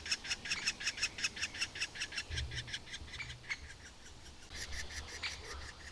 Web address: agykontroll Madardalok Cd 1. Közép fakopáncs